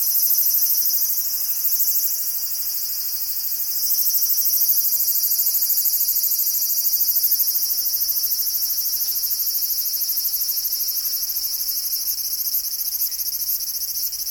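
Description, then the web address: Cicadas droning in a thick, unbroken high whine that slowly swells and fades, with a fine rapid pulsing throughout. Summer insect ambience in Tokyo, Japan; several cicadas; stereo. "Sound Effects-Foundation 1 AMBIENCE TOKYO SUMMER INSECTS CICADAS"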